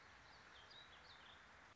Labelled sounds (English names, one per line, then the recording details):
Warbling Vireo
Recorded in Sonoma County, California